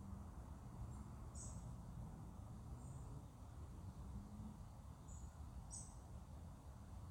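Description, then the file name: European robin uttering brief, very high, thin call notes, a few scattered throughout, above constant low-pitched rumbling noise. "Erithacus rubecula"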